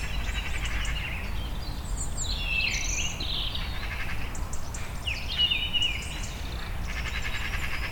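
Birds calling, several high whistled and chirping notes overlapping from different birds, over a steady low rumble of background noise.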